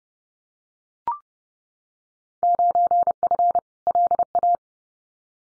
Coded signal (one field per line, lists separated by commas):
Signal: Morse code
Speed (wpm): 30 wpm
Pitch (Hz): 700 Hz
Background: none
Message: 9F LA